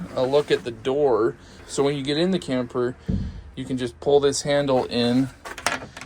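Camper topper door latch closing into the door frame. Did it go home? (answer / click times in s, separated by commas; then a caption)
yes / 5.7 s. Someone talks, then the door of a Ford Maverick camper topper is pulled closed from inside by its handle. A sharp click at 5.7 s is the latch catching in the door frame, with a few softer knocks around it, and the door latch seats.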